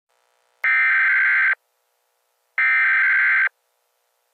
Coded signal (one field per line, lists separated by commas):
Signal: Emergency Alert System (SAME) tones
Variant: header bursts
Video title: EAS SCENARIO: Cujo 6/13/2025. **HAS VALID TONES**